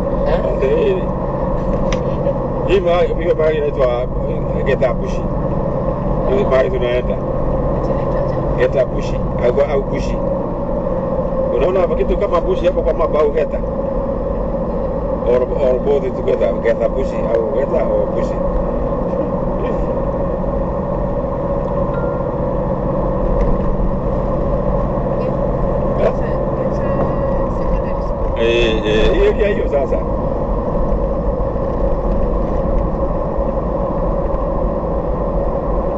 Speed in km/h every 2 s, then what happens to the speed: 65, 66, 66, 69, 69, 61, 59, 59, 60, 64, 65, 67, 67, 69, 68, 68, 69, 70.
0-14 slows to 59. 14-25 speeds up to 69. 25-36 steady at about 69.